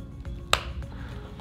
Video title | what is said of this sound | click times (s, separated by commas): Proper Way To Use The Cervipedic Pillow | now you're at half a line the next click | 0.5 s